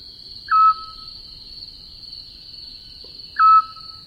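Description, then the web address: Eurasian scops owl giving two short, clear whistled hoots about three seconds apart, over a steady high insect drone. "sova splyushka"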